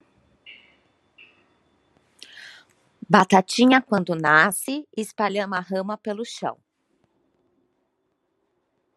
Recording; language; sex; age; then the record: short text; Brazilian Portuguese; female; 40 to 49 years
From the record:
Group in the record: control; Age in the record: 45 years